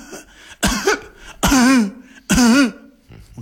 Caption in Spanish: Si la tos es de traqueitis, que es el tubo que va desde la garganta hasta el tórax, suele ser una tos seca y muy sonora, una tos de ganso. Tiene llamativa, ese sonido final que decimos. Como se ponen las ocas a toser.